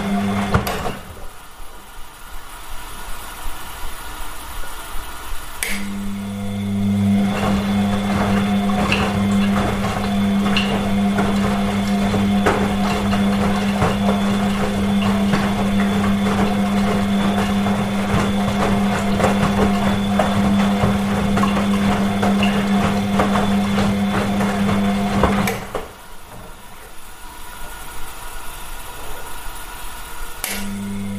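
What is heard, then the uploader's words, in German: A washing machine runs with a steady low hum and rattling from about 6 to 25 seconds, quieter churning before and after. Diese Episode präsentiert die sanften Geräusche einer laufenden Waschmaschine. Sanfte Waschmaschinenklänge.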